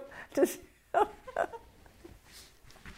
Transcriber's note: laughs